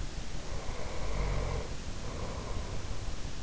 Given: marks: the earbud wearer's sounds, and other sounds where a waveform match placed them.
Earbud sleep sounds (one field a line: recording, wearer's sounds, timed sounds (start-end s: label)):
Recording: sounds in sleep by an in-ear microphone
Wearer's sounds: snoring breath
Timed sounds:
0.00-3.01 s: snoring breath